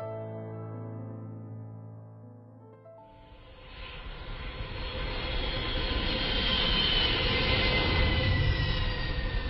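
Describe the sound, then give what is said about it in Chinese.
A low, droning hum gives way after a few seconds to the loud, steady rushing roar of airplane engines, which swells slightly and then holds constant with no voices. The plane is flying to Finland with a figure skating team aboard. “三天后，花滑队登上飞往芬兰的飞机。”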